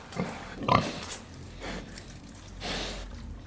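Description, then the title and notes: Pig gives one clear rough grunt followed by softer, breathy snorts over steady low background noise. Black sow nursing six piglets, farm at Cascina Pasque', Besnate (Via 1° Maggio, Bernate VA), Italy, 11 December 2018. "Via 1° Maggio, 11, 21020 Bernate VA, Italia - Un maiale nero con i suoi sei maialini in atto di allattamento. Besnate - Cascina Pasque' - 20181211"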